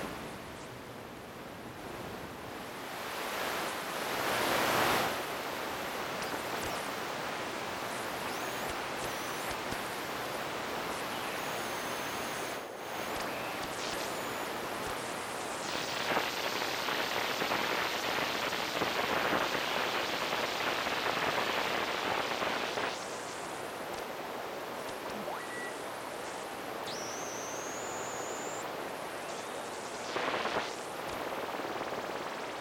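Shortwave radio static fills the whole stretch as a dense, rushing hiss that swells and thins as the tuning drifts, with louder surges near 5 seconds and from about 15 to 23. Thin high whistles come and go, one sliding upward near 28 seconds.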